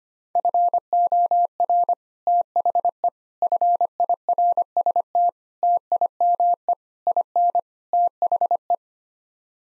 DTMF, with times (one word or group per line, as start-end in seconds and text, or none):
none